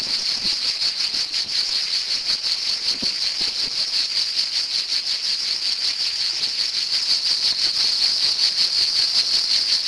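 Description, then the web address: Cicada song, shrill continuous buzzing with quick pulses, fairly steady in loudness throughout. "son cigales"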